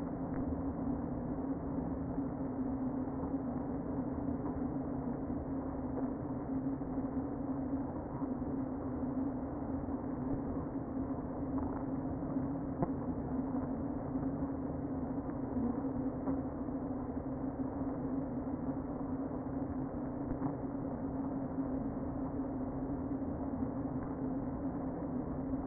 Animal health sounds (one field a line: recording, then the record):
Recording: honeybee colony, microphone inside the hive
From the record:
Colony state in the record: queen present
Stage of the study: before two queens were removed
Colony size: about 60,000 bees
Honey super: yes